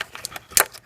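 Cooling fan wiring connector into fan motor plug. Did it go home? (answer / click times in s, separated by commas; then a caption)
yes / 0.6 s. The plastic electrical connector of the radiator cooling fan wiring on a 2003–2008 Toyota Matrix (also Corolla, Vibe) is lined up and pushed onto the fan motor plug, reconnected so the engine won't overheat. A few faint plastic ticks lead up to one sharp, loud click at 0.6 s as it latches. The connector is seated.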